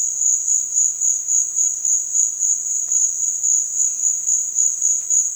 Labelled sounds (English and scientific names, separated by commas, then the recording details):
none
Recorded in dense forest near Puerto Asís, Putumayo, Colombia, on 27 June 2025 at 16:00
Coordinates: 0.468, -76.322
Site GP03